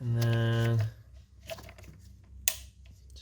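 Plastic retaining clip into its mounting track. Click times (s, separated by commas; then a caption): 2.5 s. During a 3-inch downpipe install on a 2021 Toyota Supra, someone talks briefly while a plastic retaining clip is slid into its mounting track under the car and pushed home. A few faint ticks follow, then a sharp, loud, very short click at 2.5 s as the clip snaps into place and seats.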